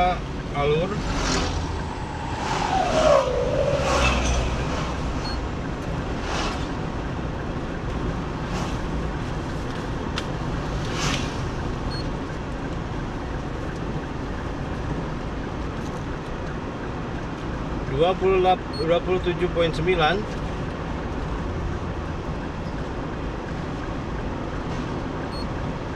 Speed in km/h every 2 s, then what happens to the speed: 54, 54, 52, 51, 49, 48, 47, 43, 42, 42, 41, 41, 41.
0-15 slows to 42. 15-26 steady at about 41.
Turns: none.